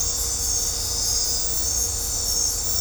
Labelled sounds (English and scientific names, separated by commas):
none